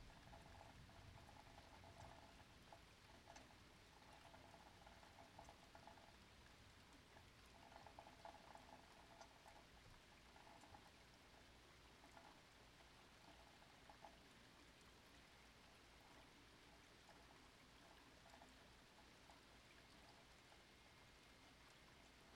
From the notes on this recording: Just beautiful rain